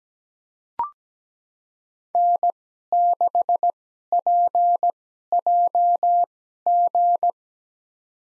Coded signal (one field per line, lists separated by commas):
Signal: Morse code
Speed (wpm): 17 wpm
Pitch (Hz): 700 Hz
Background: none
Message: N6PJG